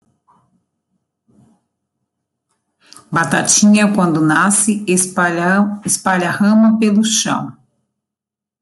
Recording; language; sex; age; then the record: short text; Brazilian Portuguese; female; 40 to 49 years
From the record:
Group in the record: control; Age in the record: 45 years